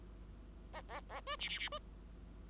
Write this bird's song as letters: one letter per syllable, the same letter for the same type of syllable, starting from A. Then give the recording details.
A A A B C C C B. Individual Bird5